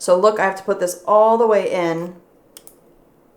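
A short-shank nail drill bit that slips out at normal length is pushed all the way into the collet of an electric nail file handpiece, and the lock is twisted so it holds. Someone talks, then two sharp clicks come at 2.6 s and 2.7 s as the bit locks into the handpiece, seated because it had to be inserted fully to stick.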